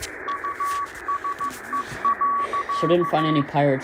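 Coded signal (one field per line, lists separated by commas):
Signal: Morse code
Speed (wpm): 14 wpm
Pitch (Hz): 1130 Hz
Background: speech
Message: USE.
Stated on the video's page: Heard live on shortwave with a Tecsun PL880 receiver and through a WebSDR.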